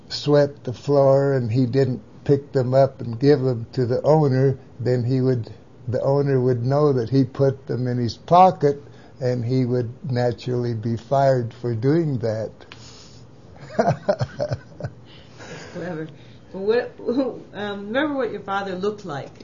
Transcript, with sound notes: swept the floor and he didn't pick them up and give them to the owner then-- he would-- the owner would know that he put them in his pocket and he would naturally be fired for doing that (laughs)
--wh—What -haa, um—Remember what your father looked like?